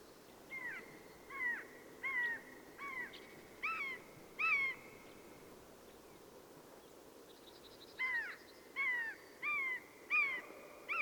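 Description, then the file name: Eurasian jay giving short, clear, harmonic calls with a rising flick, about six in a quick run, a pause of a few seconds, then five more. "Garrulus glandarius"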